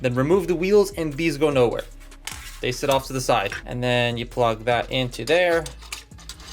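Someone talks while the plastic Mixmaster figure of a Blokees Transformers Devastator, its wheels removed and set aside, is plugged into its connection point on the combined robot. Two sharp clicks land at 5.9 s and 6.3 s as the part seats in place.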